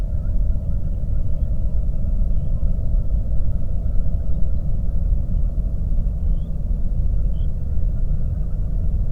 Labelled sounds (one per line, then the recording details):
songbird
waterfowl
flare stack
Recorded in the Prudhoe Bay oil fields, Alaska, on 22 May 2019 at 01:32
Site 25